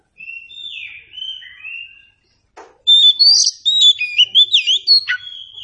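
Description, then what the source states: Oriental Magpie-Robin song opening with soft drawn-out whistles, then a loud rapid run of sharp, varied chirps and slurred notes. Local name kacer; meant to prompt a bird to sing in reply.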